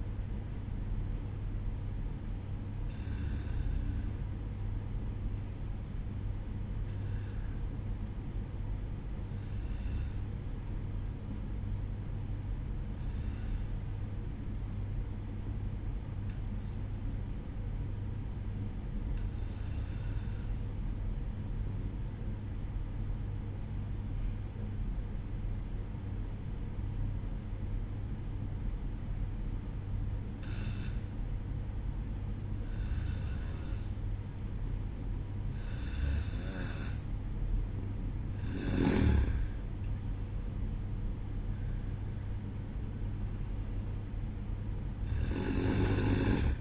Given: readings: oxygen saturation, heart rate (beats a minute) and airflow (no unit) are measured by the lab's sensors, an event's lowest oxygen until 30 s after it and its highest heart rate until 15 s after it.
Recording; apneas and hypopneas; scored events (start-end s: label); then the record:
breathing in sleep by a smartphone at the bedside; 1
5.00-38.40 s: hypopnea (N2, oxygen 95% highest, then 91% lowest, heart rate 60 at the start, 69 highest)
25.00-46.61 s: new sleep stage, N1 (lightest sleep)
From the record:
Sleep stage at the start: N2 (light sleep); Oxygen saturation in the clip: 91 to 95%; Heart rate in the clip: 60 to 69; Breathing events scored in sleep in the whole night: 305 in 9.6 hours asleep